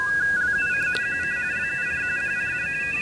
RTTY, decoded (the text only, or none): LUC QC LUC QC